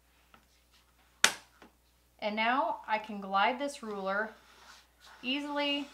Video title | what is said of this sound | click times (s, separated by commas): 10 SEWING ESSENTIALS YOU CAN'T LIVE WITHOUT - Sewing Supplies you need - ESSENTIAL SEWING TOOLS | the edge of your ruler you can you'll hear it snap down here | 1.2 s